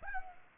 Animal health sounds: mosquito wingbeat signal from an infrared sensor; Culex pipiens

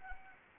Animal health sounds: mosquito wingbeat signal from an infrared sensor; Anopheles arabiensis

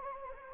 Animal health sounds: mosquito wingbeat signal from an infrared sensor; Anopheles arabiensis

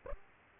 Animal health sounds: mosquito wingbeat signal from an infrared sensor; Aedes aegypti

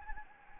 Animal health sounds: mosquito wingbeat signal from an infrared sensor; Anopheles gambiae

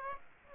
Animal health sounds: mosquito wingbeat signal from an infrared sensor; Aedes aegypti

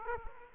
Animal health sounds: mosquito wingbeat signal from an infrared sensor; Aedes aegypti

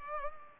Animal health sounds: mosquito wingbeat signal from an infrared sensor; Culex pipiens

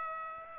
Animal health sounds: mosquito wingbeat signal from an infrared sensor; Aedes aegypti

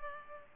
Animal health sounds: mosquito wingbeat signal from an infrared sensor; Culex pipiens

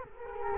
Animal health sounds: mosquito wingbeat signal from an infrared sensor; Culex quinquefasciatus

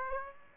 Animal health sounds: mosquito wingbeat signal from an infrared sensor; Aedes aegypti

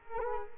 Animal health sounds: mosquito wingbeat signal from an infrared sensor; Culex quinquefasciatus

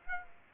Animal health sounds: mosquito wingbeat signal from an infrared sensor; Aedes aegypti

